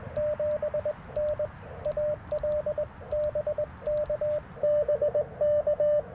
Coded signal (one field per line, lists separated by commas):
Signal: Morse code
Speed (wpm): 20 wpm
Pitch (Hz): 590 Hz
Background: radio noise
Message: 7 NAL BK BK